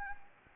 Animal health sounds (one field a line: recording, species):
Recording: mosquito wingbeat signal from an infrared sensor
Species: Anopheles gambiae